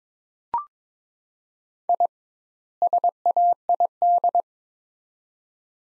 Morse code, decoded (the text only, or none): I SAID